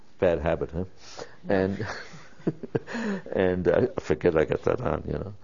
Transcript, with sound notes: Bad habit, huh? And - and - (laughs) I forget I got that on, you know?